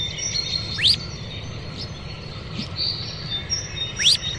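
Bird giving sharp rising whistled upslurs, two calls about three seconds apart, over steady high insect trilling and a low rumbling background.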